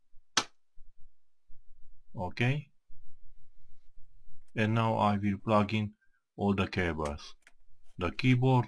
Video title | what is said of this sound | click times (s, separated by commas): HP Compaq dc7800 CPU upgrade to Core2Duo E7200 Ep.077 | will press it until I hear a click. | 0.4 s